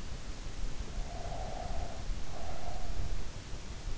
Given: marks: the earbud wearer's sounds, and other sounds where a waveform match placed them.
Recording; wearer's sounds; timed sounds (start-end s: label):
sounds in sleep by an in-ear microphone; breath
0.62-3.14 s: breath